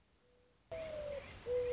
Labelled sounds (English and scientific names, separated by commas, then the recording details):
Mourning Dove (Zenaida macroura)
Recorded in Sonoma County, California